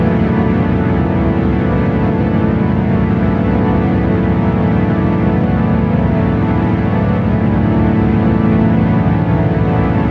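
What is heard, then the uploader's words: Combined binaural tones at the Schumann resonance form a steady, dense, low drone of stacked hums with a faint rapid pulsing throughout. Combined binaural schumann res.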